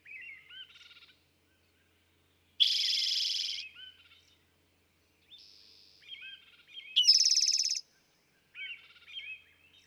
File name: Eastern Towhee